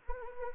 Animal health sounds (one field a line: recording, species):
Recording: mosquito wingbeat signal from an infrared sensor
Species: Anopheles arabiensis